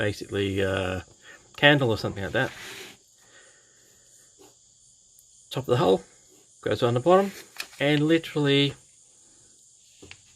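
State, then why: Partly seated. Someone talks while the upper plastic hull of a Tamiya 1/35 scale KV-II 'Gigant' Russian heavy tank model kit is pressed onto its lower hull. There is one short, sharp tick at 10.1 s. The hull only almost clicks into place, so it would normally be glued; the click fit is there for changing batteries on a motorized version, which this one won't need.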